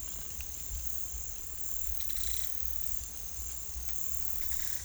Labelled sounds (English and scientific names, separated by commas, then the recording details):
none
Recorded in pastures near Puerto Asís, Putumayo, Colombia, on 22 December 2024 at 09:30
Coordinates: 0.487, -76.322
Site GP09